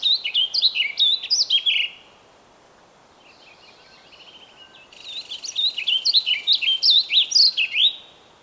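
Bird song in two bursts of quick, high chirping notes, with a soft, buzzy trill between them.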